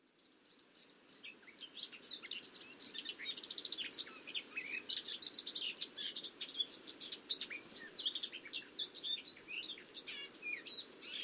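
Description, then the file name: Eurasian blackcap song starting with spaced high notes, then building into a busy warble of varied chirps and trills against a soft hiss. "Sylvia atricapilla"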